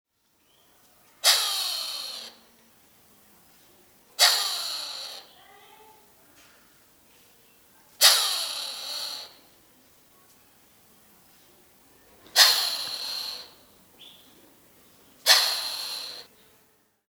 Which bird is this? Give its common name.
Violet Turaco